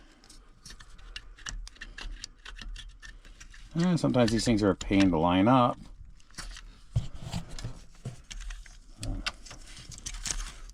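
An electrical plug is picked up and worked into line with its socket on a truck, giving small ticking handling sounds while someone talks. The plug is still being lined up and has not seated or clicked yet.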